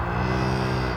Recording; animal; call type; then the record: contact call of a hoofed animal; cattle; low-frequency (closed-mouth) or high-frequency (open-mouth) call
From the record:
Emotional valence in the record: negative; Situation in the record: physical separation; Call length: 0.97 s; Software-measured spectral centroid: 1830 Hz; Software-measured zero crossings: 1690 a second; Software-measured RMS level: -24 dBFS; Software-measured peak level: -12 dBFS